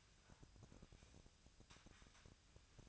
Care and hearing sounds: daily activity, microphone in the room; sweep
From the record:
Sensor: 2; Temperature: 24.5 degrees Celsius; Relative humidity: 39.5%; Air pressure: 1003.0 hPa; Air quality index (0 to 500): 199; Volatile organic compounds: 6 ppm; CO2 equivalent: 1891 ppm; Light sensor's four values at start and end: 13/31/13/14 and 13/31/13/14

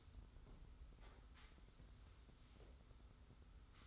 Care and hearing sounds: daily activity, microphone in the room; sweep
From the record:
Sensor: 3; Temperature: 25.5 degrees Celsius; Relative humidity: 40.5%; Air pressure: 991.3 hPa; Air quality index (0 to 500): 141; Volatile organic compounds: 321 ppm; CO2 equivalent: 4526 ppm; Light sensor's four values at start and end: 54/146/60/53 and 54/146/60/53

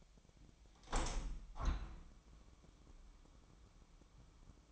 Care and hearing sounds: daily activity, microphone in the room; open window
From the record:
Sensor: 1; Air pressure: 1006.4 hPa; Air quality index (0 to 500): 208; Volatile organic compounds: 24 ppm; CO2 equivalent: 2800 ppm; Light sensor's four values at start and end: 12/30/12/13 and 12/32/12/14

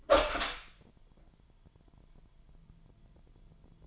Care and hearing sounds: daily activity, microphone in the room; open door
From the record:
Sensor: 5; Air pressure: 998.5 hPa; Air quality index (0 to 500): 83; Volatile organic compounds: 1 ppm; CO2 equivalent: 942 ppm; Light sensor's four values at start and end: 33/80/33/36 and 33/80/33/36

